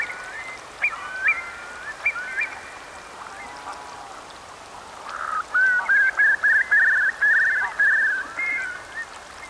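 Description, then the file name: Eurasian curlew calls: a few scattered rising whistles, then a run of loud, level whistled notes in quick succession over a faint hiss. "nagy-póling-hangja"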